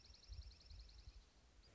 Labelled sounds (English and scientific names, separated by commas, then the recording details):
Dark-eyed Junco (Junco hyemalis)
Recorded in Sonoma County, California